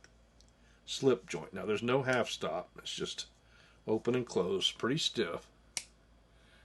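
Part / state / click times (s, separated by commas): pocket knife blade into its slip joint handle / seated / 5.8 s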